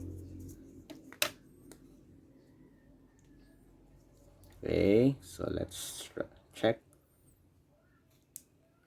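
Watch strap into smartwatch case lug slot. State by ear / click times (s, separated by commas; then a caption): seated / 8.4 s. A strap is pressed into the quick-release lug slot of a ZD8 Ultra Pro smartwatch case while someone talks, with a few faint taps early on. A single sharp click at 8.4 s shows the strap has seated and is secured.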